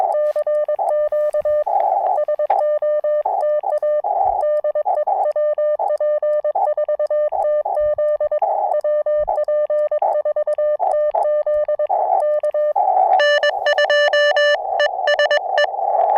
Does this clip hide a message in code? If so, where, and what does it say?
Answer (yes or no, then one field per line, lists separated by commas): yes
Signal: Morse code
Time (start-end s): 0.1-15.6 s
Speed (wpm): 22 wpm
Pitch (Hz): 590 Hz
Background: music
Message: CQ SOTA DE WP4TZ WP4TZ K N2ESE